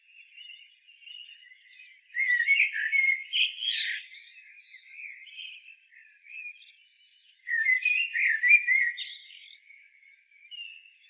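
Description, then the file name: Common blackbird song: two mellow, warbled whistled phrases, each ending in a squeaky high twitter, separated by a pause of several seconds with soft twittering. "Turdus merula"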